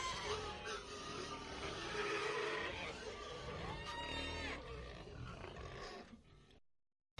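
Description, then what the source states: Pigs squealing and grunting in a dense group, with overlapping harsh calls and a few rising whines, then fading to silence near the end. A busy, dense group of pigs.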